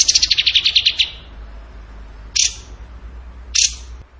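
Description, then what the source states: Bird song: a rapid run of high buzzy notes for about a second, then two short sharp bursts spaced roughly a second apart, over low hum. Masteran training recording; song in the tembakan gacor style.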